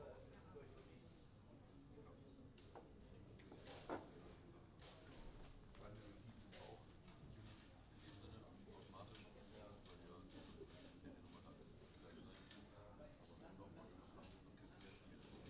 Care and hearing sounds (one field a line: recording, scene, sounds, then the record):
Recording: everyday scene through a hearing-aid microphone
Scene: many people talking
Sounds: many voices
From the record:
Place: university cafeteria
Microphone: in the ear canal, right